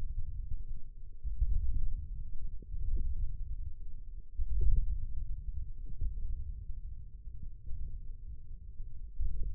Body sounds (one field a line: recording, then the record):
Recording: forearm muscle sounds (acoustic myography)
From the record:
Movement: ulnar deviation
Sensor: system 1, eight BSWA MPA416 microphones around the upper forearm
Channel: 2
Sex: male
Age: 20 years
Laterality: left